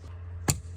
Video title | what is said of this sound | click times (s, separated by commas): How to delete DPF DEF & EGR 2014-2018 Ram Ecodiesel - Step by Step | And then you can grab this connector and pop it back up into this hole, | 0.5 s